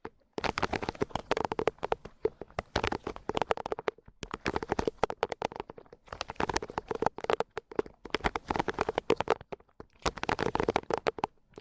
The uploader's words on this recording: ASMR For Sleep Tiny Mics But Endless Tingles! No Talking.